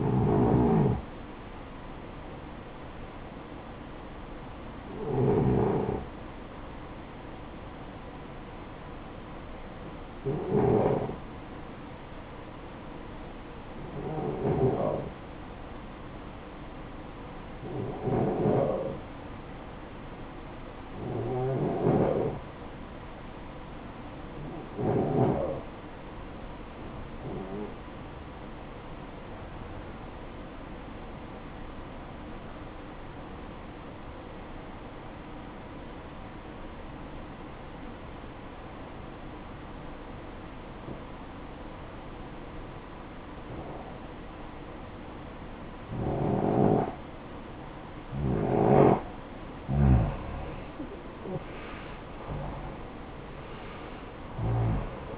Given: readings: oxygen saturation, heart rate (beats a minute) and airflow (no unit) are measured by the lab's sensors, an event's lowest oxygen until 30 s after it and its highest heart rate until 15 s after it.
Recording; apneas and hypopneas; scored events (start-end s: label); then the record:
breathing in sleep by a voice recorder at the bedside; 1
31.00-46.80 s: obstructive apnea (REM, oxygen 93% highest, then 84% lowest, heart rate 60 at the start, 75 highest)
From the record:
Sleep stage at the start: REM sleep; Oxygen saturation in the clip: 84 to 94%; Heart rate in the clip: 53 to 87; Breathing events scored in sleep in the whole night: 573 in 9.8 hours asleep